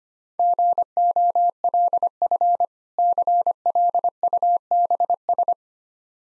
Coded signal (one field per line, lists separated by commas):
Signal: Morse code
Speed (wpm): 25 wpm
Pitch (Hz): 700 Hz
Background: none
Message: GOLF CLUBS